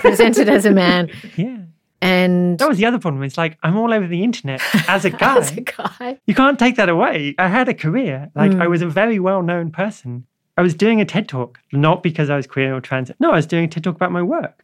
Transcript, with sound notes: And you presented as a man.
Yeah. That was the other problem, it's like, I'm all over the internet — as a guy.
(Laughs) As a guy.
You can't take that away. I had a career, like, I was a very well known person, I was doing a TED talk, not because I was queer or trans — no, I was doing a TED talk about my work.